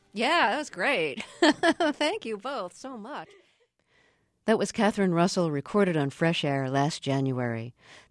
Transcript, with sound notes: Yeah. That was great.
(SOUNDBITE OF LAUGHTER)
Thank you both so much. That was Catherine Russell recorded on FRESH AIR last January.